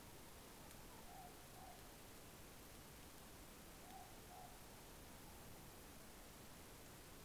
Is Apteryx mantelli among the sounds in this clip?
no